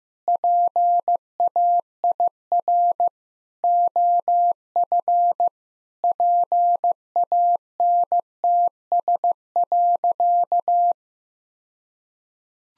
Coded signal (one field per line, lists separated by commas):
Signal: Morse code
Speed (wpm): 15 wpm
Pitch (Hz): 700 Hz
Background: none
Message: PAIR OF PANTS.